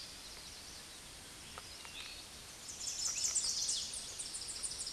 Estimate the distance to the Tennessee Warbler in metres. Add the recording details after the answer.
about 20 m. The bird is about 15 m above the microphone. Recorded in a Pennsylvania forest on 16 May 2024 at 09:05. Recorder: AudioMoth, point MSD-1360. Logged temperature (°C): 14.8 °C. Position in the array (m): 180 m, 213 m